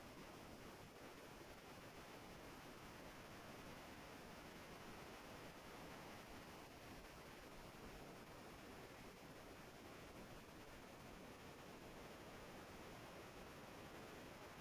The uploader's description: late night surf from a cozy little cove near Veracruz, Mexico